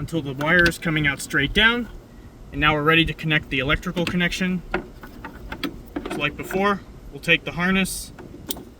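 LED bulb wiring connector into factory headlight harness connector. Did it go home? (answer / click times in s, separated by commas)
yes / 8.5 s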